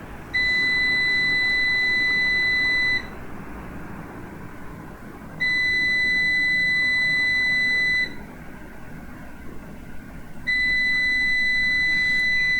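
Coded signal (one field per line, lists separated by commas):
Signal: beep code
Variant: Numeric 1KVA UPS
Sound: long high beeps of about two and a half seconds, repeating with equal pauses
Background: low background hum and hiss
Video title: FIX BEEP SOUND IN NUMERIC 1KVA UPS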